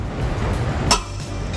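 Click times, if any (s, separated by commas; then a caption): 0.9 s. A click-type torque wrench set to 100 ft-lb tightens a trailer hitch mounting bolt in the vehicle frame of a 2017 Jeep Patriot. Over a steady low background hum, one sharp click rings out at 0.9 s. It confirms the bolt has reached the set torque.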